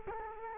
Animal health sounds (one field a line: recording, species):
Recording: mosquito wingbeat signal from an infrared sensor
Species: Culex quinquefasciatus